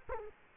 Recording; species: mosquito wingbeat signal from an infrared sensor; Culex quinquefasciatus